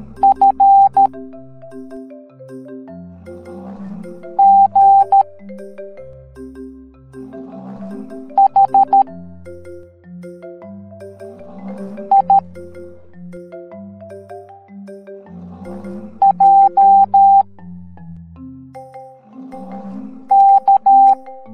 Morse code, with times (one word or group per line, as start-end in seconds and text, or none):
0.2-1.1 F
4.4-5.2 G
8.4-9.0 H
12.1-12.4 I
16.2-17.4 J
20.3-21.1 K